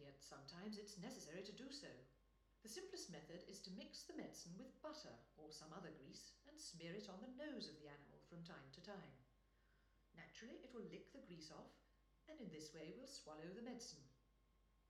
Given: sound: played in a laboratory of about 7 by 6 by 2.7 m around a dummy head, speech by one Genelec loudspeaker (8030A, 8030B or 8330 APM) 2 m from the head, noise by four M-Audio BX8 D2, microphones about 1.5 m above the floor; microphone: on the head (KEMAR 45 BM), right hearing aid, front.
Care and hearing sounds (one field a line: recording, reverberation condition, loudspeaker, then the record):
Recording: female speech in English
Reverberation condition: medium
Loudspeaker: 90 degrees to the right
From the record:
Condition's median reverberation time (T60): about 510 ms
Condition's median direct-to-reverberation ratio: about -0.5 dB